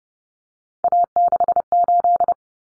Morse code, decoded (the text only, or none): A68